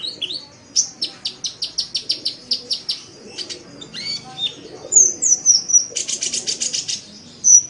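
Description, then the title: Oriental magpie-robin song: rapid series of sharp high chips and trills, then sweet whistled downslurred notes and a buzzy repeated phrase near the end. "Kicau Kacer"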